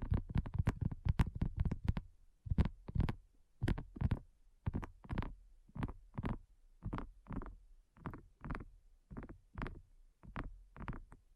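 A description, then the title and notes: ASMR tapping on a hard surface, with quick, dense bursts of taps in the first two seconds, then a slower, steadier pattern of single soft knocks roughly twice per second. Each tap has a dull, low thump with a light click on top, and silence falls between them. ASMR Addictive Tapping. (No Talking).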